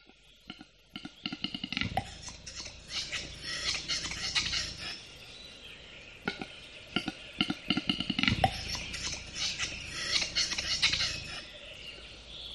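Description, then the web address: Western capercaillie giving hard wooden clicks that speed up into rattling bursts, twice, over a busy high wash of sound. Recorded close by. "ptitsa gluhar blizko"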